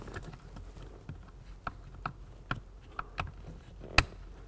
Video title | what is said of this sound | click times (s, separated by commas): Fixed - How To Install A Bad Chevy Blower Motor Resistor | It should click in place and not be able to be pulled back out. That's good. | 4.0 s